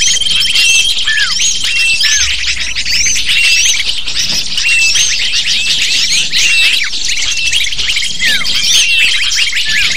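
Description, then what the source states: Shrill lovebird chatter from many birds at once, rapid twittering chirps and short squeaks running steadily throughout. Lure sound used to attract lovebirds.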